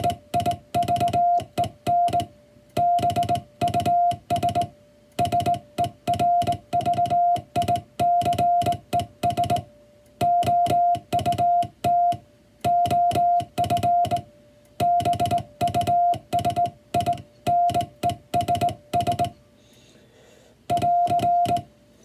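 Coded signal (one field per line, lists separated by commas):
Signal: Morse code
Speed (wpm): 20 wpm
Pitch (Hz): 700 Hz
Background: music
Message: EIVEN BUS SERVICES OUT OF BUSINESS <AR>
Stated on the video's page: English Morse sending practice for the first-class radiotelegraph operator exam's five-minute sending test, counting characters sent in five minutes.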